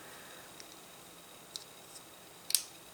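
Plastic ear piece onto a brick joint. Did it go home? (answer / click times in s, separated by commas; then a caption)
yes / 2.6 s. A plastic LEGO ear or joint piece is pressed onto a brick joint of the LEGO Monkie Kid 2023 Yellow Tusk Elephant 80043 model. Faint ticks come at 0.6 s and 1.6 s, then a sharp, bright snap at 2.5 s. The piece seats onto the model with the click at 2.5 s.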